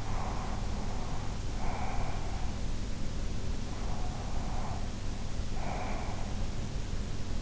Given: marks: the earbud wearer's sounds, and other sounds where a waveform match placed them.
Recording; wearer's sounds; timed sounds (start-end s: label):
sounds in sleep by an in-ear microphone; breath
0.00-2.61 s: breath
3.86-6.46 s: breath